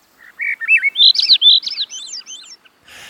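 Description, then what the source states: Swainson's thrush song, a series of fluty whistled phrases climbing steadily higher in pitch over about two seconds, followed by a brief soft rustling noise. Flute-like song spiralling upward, heard in the cool evening of a northern forest.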